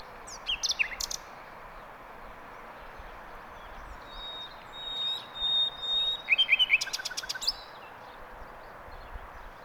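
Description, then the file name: Common nightingale song with scattered sharp chirps, a few drawn-out pure whistles, then a quick series of repeated clipped notes, over a soft constant hiss. "Luscinia megarhynchos"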